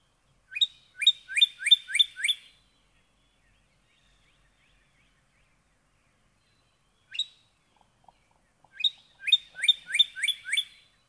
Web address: birdsongforthecurious Northern Cardinal